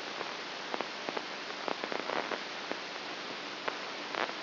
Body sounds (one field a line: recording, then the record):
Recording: brain microelectrode recording played as sound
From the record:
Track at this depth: inside the subthalamic nucleus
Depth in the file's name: 1.84 mm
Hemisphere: right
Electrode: 2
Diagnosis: Parkinson's disease